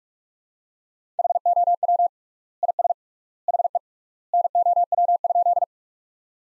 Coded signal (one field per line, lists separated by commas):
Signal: Morse code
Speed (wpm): 47 wpm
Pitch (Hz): 700 Hz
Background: none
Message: HOW IS HE NOW?